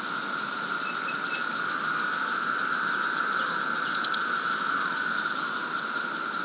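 Cicada calling, sharp regular pulses beating steadily above a continuous humming drone.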